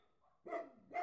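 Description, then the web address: Dog barking, two barks after a brief quiet start. Big dog barking. "lynne-publishing Big Dog Barking"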